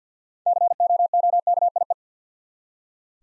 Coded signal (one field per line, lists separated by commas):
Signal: Morse code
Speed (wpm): 47 wpm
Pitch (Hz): 700 Hz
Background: none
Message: COOKIE